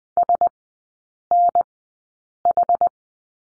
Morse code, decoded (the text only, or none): SNH